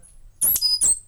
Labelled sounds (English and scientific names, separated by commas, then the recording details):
Stitchbird (Notiomystis cincta) song
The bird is a male
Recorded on Tiritiri Matangi Island, New Zealand, in 2005
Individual 2, of nest box 2